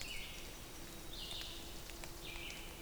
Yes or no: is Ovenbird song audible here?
no